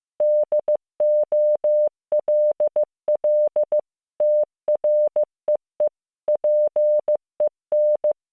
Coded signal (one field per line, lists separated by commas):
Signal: Morse code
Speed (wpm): 15 wpm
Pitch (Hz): 600 Hz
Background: none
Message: DOLL TREE PEN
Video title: モールス信号聞き流し⑧ Learn Morse Code